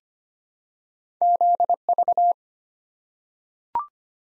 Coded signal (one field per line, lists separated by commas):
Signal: Morse code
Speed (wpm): 25 wpm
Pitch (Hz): 700 Hz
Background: none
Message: ZV